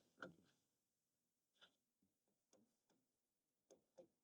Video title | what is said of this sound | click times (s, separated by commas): Audi RSQ8 Money For Urus Value: New Porsche Cayenne GTS Is The Perfect Daily Fast SUV. Review | That's the click. | 0.2 s